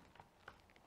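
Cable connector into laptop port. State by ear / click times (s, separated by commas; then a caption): not seated / none. The other end of an Atem Mini Pro switcher's cable is being pushed toward a laptop's port, with faint handling ticks around 0.2 s and 0.5 s over low background noise. The connector has not clicked or seated yet.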